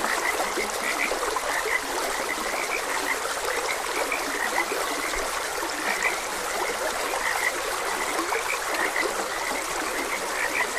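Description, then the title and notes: Frogs giving a continuous chorus of brief repeated croaks over a steady background of gently flowing stream. Frogs croaking beside a gentle stream. "Gentle Stream and Frogs Croaking. Sleep and Relaxation Podcast"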